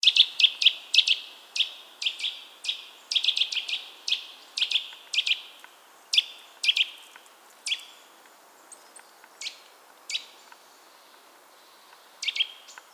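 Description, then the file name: Eurasian nuthatch giving sharp, high chipping calls, often in quick pairs or triplets, frequent at first then spacing out, against a quiet background with faint noise. "Sitta europaea"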